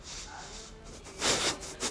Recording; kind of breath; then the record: one breath in and out by a microphone near the nose and mouth; strong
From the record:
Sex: male